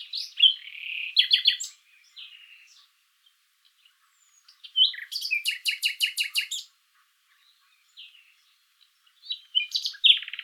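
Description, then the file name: Common nightingale delivering loud rattling bursts of rapidly repeated notes, separated by pauses and softer scratchy notes, another rapid rattle starting at the end. "Luscinia megarhynchos"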